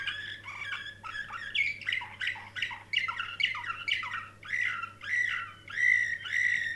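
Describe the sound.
Canary song with fast descending chirped notes repeated in quick series, shifting into clearer sustained whistles toward the end; a faint steady hum underneath.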